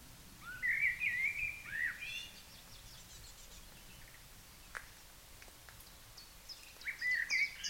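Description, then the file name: Common blackbird song: a rich rising warble at the start, a few scattered clicks, then another warbled phrase at the end. "Turdus merula"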